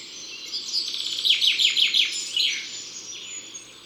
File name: Pinson des arbres Concerts Naturels de la Drome Studio les Trois Becs